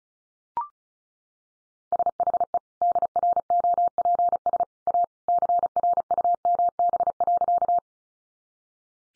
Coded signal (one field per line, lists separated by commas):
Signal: Morse code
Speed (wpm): 34 wpm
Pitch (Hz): 700 Hz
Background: none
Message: SHE DROPS A CRUMB.